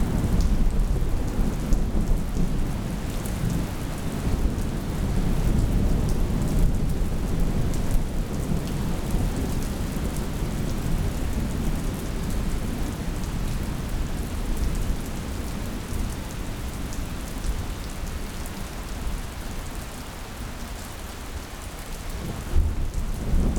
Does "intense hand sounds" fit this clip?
no